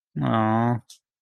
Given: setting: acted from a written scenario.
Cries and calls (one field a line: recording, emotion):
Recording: vocal sound without words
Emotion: sympathy